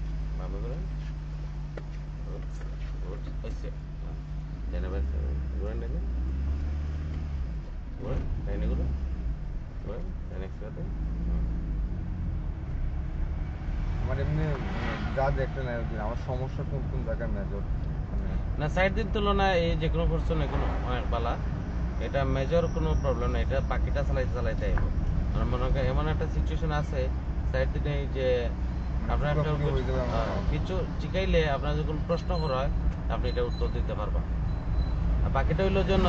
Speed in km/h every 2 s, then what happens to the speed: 10, 9, 6, 5, 6, 6, 5, 7, 12, 20, 20, 21, 24, 26, 27, 27, 27, 25.
0-12 steady at about 6. 12-27 speeds up to 27. 27-36 steady at about 27.